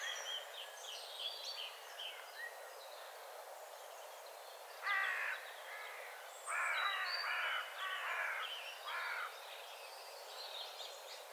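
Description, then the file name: Crow calling with several rough, grating caws in an uneven series, small birds twittering in the background throughout. "Corvus corone"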